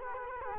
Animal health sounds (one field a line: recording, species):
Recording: mosquito wingbeat signal from an infrared sensor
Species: Culex quinquefasciatus